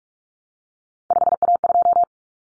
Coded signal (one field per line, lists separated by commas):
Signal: Morse code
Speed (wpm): 44 wpm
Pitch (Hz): 700 Hz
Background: none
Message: 5A2